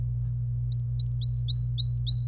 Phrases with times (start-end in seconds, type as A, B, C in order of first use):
0.72-2.28 A